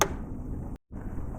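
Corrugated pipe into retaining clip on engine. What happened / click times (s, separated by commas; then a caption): Pipe snaps into retaining clip / 0.0 s. A corrugated plastic pipe is pressed into a plastic retaining clip on a BMW M2/M3/M4 S55 engine, giving a loud, sharp snap at 0.0 s as it pops in and seats. A low background hum continues afterward, dropping out briefly near 0.8 s.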